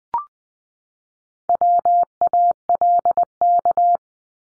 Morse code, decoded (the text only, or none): WALK